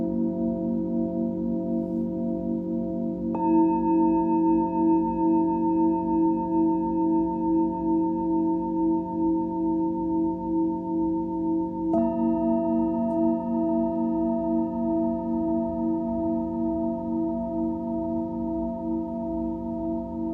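A Tibetan singing bowl hums in a long, steady drone with a gentle pulsing waver. Near 3 seconds and again near 12 seconds, soft strikes add fresh ringing overtones, then blend back into the sustained, mellow tone. Nothing else is heard.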